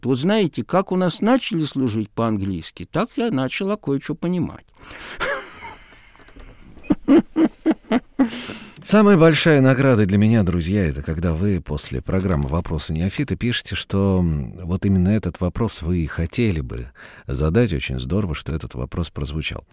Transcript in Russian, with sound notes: «Вы знаете, как у нас начали служить по-английски, так я начала кое-что понимать».
— (Смеется.) Самая большая награда для меня, друзья, это когда вы после программы «Вопросы неофита» пишете, что вот именно этот вопрос вы и хотели бы задать, очень здорово, что этот вопрос прозвучал.